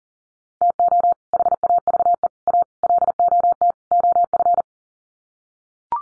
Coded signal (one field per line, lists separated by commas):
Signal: Morse code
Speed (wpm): 40 wpm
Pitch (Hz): 700 Hz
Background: none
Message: TO HAVE A LOT OF